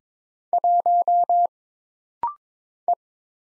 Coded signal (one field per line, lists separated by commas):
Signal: Morse code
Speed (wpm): 23 wpm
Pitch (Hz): 700 Hz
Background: none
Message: 1 E